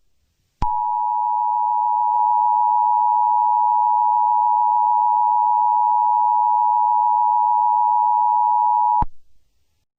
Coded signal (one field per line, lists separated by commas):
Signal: Emergency Alert System (SAME) tones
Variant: 853 and 960 Hz attention tone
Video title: EAS Scenario||Rain Rain Go away Part One